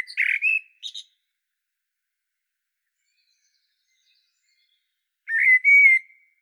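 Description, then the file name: Common blackbird song: a short mellow fluted phrase ending in a thin high squeak, then a few seconds' silence and another fluted phrase. "Turdus merula"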